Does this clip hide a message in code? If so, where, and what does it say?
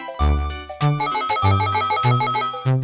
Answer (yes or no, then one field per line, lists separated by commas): no